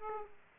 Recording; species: mosquito wingbeat signal from an infrared sensor; Aedes aegypti